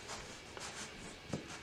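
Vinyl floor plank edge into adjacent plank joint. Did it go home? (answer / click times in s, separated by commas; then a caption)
no / none. The edge of a STAINMASTER Washed Oak locking luxury vinyl floor plank for a bathroom floor is slid into the neighbouring plank's joint until it feels snug, before it is pounded down. A single soft sound is heard at about 0.6 s over quiet, broadband shuffling. Nothing has clicked or seated yet.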